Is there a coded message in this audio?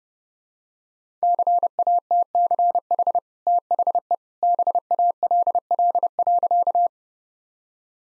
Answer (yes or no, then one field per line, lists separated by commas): yes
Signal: Morse code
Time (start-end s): 1.2-6.9 s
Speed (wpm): 32 wpm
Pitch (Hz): 700 Hz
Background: none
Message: CATCH THE BALL.